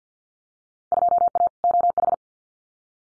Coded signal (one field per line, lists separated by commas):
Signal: Morse code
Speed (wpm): 50 wpm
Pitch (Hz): 700 Hz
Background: none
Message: 2A OH